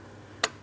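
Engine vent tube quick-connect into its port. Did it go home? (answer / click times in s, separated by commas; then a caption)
yes / 0.4 s. A plastic engine vent tube with a quick-connect is slid in at the proper angle and pressed into its port on a 2003-2007 Cadillac CTS 3.6L V6. A single sharp click at 0.4 s rises over a low steady background. The tube fitting seats and is secured.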